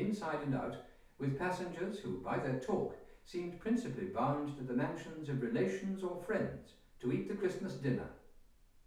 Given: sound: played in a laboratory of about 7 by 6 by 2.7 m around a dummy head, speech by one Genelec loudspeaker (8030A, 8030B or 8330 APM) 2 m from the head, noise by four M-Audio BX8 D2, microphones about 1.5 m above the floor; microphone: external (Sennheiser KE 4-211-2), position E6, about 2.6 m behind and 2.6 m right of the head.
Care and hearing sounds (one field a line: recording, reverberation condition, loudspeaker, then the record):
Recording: male speech in English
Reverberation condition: medium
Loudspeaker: 90 degrees to the left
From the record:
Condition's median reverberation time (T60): about 510 ms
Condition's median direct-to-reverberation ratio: about -0.5 dB